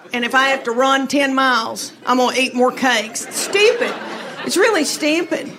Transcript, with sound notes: And if I have to run 10 miles, I'm going to eat more cakes.
(LAUGHTER)
It's stupid. It's really stupid.